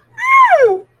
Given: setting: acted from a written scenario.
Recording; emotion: vocal sound without words; elation